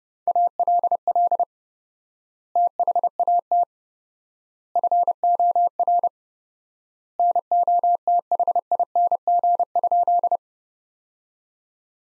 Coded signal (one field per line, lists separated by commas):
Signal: Morse code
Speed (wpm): 30 wpm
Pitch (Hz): 700 Hz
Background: none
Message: ALL THAT FOR NOTHING?